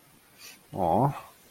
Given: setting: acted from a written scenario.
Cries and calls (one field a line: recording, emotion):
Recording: vocal sound without words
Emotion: sympathy